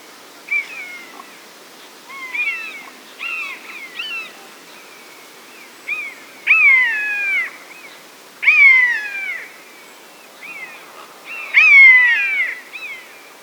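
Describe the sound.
Buzzard mewing calls, drawn-out descending cries with rich harmonics, given in a loose series of several throughout, some overlapping, against a quiet hiss.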